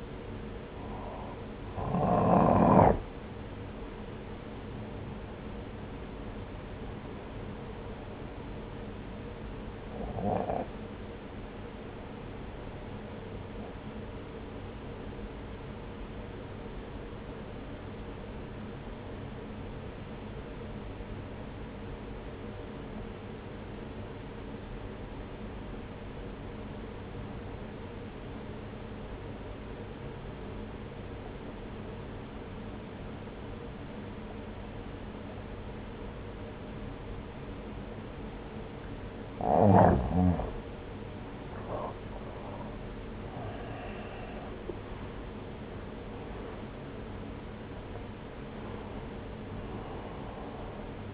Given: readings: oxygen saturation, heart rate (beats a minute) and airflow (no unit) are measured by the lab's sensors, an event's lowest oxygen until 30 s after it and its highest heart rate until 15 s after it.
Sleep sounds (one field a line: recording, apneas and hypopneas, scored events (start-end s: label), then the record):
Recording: breathing in sleep by a voice recorder at the bedside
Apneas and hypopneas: 1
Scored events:
18.00-40.70 s: obstructive apnea (N1, oxygen 94% highest, then 86% lowest)
From the record:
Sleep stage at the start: N1 (lightest sleep)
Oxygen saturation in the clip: 86 to 94%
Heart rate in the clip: 59 to 69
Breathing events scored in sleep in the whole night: 303 in 8.1 hours asleep